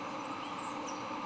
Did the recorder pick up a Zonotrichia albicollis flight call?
no